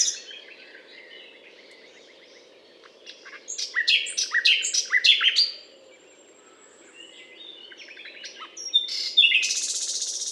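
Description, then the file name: Common nightingale song: quieter notes building to a loud burst of sharp repeated notes, a pause, then another series of high notes. Recorded at a limestone hillock, Butte calcaire de Gratacap, France, on 19 May 2012. "120519-02-rossignol-philomele-Butte-calcaire-de-Gratacap-F"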